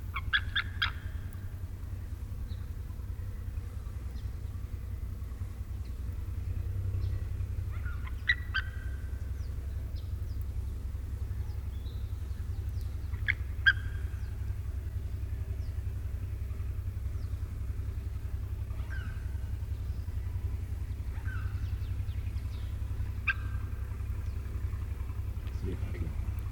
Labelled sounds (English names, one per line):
White-tailed Eagle call